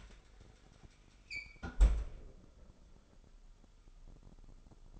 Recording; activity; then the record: daily activity, microphone in the room; close fridge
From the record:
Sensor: 5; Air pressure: 988.6 hPa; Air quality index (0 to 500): 218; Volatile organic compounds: 122 ppm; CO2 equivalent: 3885 ppm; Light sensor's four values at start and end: 42/127/50/53 and 41/127/49/53